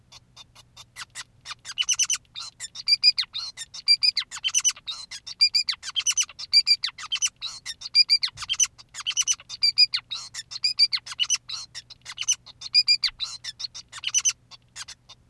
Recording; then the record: song of a male Bengalese finch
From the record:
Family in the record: son of father 2, and himself father 5